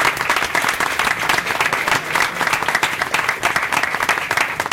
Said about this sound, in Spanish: Un aplauso.